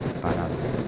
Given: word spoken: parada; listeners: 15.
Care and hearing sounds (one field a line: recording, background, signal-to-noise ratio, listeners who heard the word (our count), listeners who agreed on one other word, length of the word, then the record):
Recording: one Spanish word in noise, from a listening test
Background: noise modulated by three-talker babble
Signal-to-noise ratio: -3.0 dB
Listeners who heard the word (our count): 1 of 15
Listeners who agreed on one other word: 7 of 15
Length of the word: 0.48 s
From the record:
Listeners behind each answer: 7, 2, 1, 1, 1, 1, 1, 1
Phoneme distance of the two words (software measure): 27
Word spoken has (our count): 3 syllables, 6 phonemes, stress on syllable 2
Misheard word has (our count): 3 syllables, 7 phonemes, stress on syllable 2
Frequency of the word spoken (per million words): 15.41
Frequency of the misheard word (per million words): 151.35